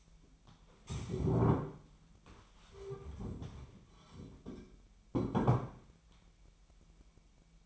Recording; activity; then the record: daily activity, microphone in the room; stand up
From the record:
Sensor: 1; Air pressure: 998.6 hPa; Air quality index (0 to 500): 118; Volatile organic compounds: 3 ppm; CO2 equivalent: 1407 ppm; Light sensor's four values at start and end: 7/18/7/8 and 7/17/7/8